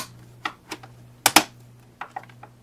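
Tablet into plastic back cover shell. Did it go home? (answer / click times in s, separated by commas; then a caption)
yes / 1.3 s, 1.4 s. An iPad is pressed into a gray plastic snap-on back cover, a hard shell made for the iPad 2 and 3. Light ticks at about 0.5, 0.7 and 2.0 s surround two loud, sharp snaps at 1.3 s and 1.4 s as the tablet seats in the shell. The iPad ends up fully seated in the back cover.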